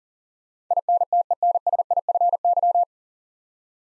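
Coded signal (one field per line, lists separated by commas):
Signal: Morse code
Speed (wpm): 40 wpm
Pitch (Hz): 700 Hz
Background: none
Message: INTENSIFY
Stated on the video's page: Morse practice of nine-letter words at 40 wpm, each sent, then spoken, then sent again.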